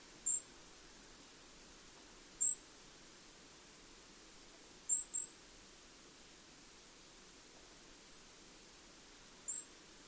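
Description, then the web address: Bird calls, isolated high thin pips spaced a few seconds apart, one quick double note in the middle, over a soft steady hiss. "cianscape. Deverinetal 2025. Bird Only"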